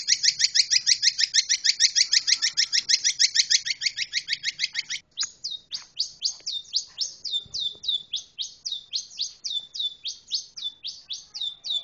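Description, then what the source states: Long-tailed shrike song opening with a fast buzzy high trill, then switching to a regular series of sharp downslurred whistled notes, roughly three a second. Compilation of trending song styles (kombinasi tren) of the long-tailed shrike, made for training pet birds.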